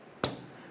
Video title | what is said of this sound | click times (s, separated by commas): How To Replace Liftgate Handle Garnish 2004-2005 Scion XB | once you hear that click give it a tug to make sure it's completely secure | 0.2 s